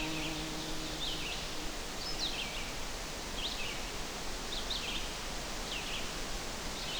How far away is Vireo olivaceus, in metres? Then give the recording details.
about 65 m. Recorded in boreal forest in Alberta, Canada, on 12 June 2016 at 05:50. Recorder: SongMeter 3, array SBT-3-18. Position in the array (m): 234 m, 102 m